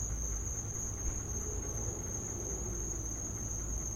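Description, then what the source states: Continuous high cricket trill with a low rumble and a faint midrange tonal sound in the middle. Crickets in the recordist's back yard; field recording.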